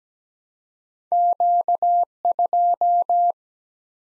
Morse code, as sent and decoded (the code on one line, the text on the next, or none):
--.- ..---
Q2